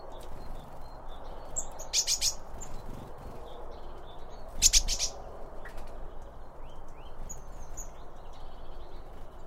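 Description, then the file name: Birds chirping: short high tweets scattered through, with two louder bursts of chatter near two and five seconds over a steady low background rumble. Birds at a bird feeder, recorded with two Line Audio OM1 microphones. "Birds Around Birdfeeding With Two Om 1 From Line Audio"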